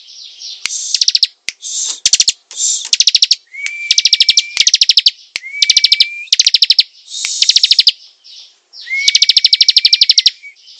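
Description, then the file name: Prinia song: loud buzzy, rattling trills in rapid bursts, some over a steady thin whistle, repeated with short pauses throughout. Singing vigorously, a style called gacor. "prenjak gacor"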